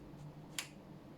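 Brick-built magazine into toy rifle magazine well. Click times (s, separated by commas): 0.6 s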